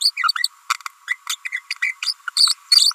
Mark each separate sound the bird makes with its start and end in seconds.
0.01-0.11, 0.28-0.32, 0.44-0.48, 1.08-1.14, 1.29-1.36, 1.45-1.48, 1.82-1.91, 2.06-2.13, 2.37-2.53, 2.75-2.93